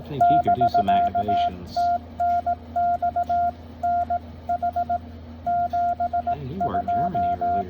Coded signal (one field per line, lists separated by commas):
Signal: Morse code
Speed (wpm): 18 wpm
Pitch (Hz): 700 Hz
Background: speech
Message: <BK> TNX NH 72